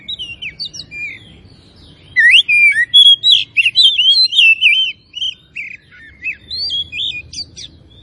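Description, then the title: Oriental magpie-robin song: a few soft notes, then a loud, fast stream of varied whistles, trills and high squeaks for three seconds, easing into scattered calls. At Tretes; singing vigorously (gacor). "Kacer Tretes"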